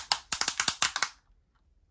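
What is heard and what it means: The linked plastic wings of a Star Wars Micro Galaxy Squadron Imperial Shuttle toy are pulled open, and both move together as the wing hinge ratchets through sharp plastic detent clicks at about 0.1, 0.3, 0.4, 0.6, 0.7 and 0.8 seconds. The clicking fades out after about 1.2 seconds, with the wings locked in their open flying position.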